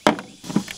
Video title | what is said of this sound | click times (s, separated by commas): JF.EGWO Portable Jump Starter. Unboxing & Multi-vehicle Live Testing | and when you click it when you plug it in you'll hear a click | 0.1 s